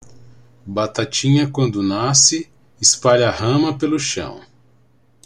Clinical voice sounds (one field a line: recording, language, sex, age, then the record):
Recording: short text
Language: Brazilian Portuguese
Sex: male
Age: 50 to 59 years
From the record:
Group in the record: control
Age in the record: 50 years